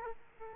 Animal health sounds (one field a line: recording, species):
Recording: mosquito wingbeat signal from an infrared sensor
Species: Aedes aegypti